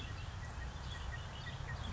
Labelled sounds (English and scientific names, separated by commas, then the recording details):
Red-winged Blackbird (Agelaius phoeniceus)
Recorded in Sonoma County, California